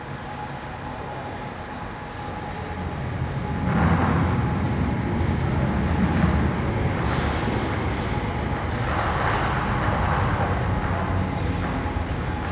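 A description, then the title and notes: A mostly empty train station ticket hall with a constant low rumble filling the space. A steady thin tone hums through the whole stretch. The rumble swells at about four seconds and stays louder, with faint scattered clatter around nine to ten seconds. Train station ticket office. A ticket office of a train station, which is mostly deserted, with only a few travellers.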